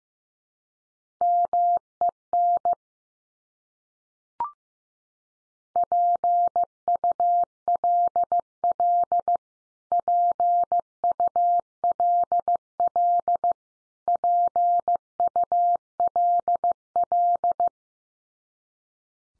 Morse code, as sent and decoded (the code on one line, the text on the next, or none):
-- . -. / .--. ..- .-.. .-.. / .--. ..- .-.. .-.. / .--. ..- .-.. .-..
MEN PULL PULL PULL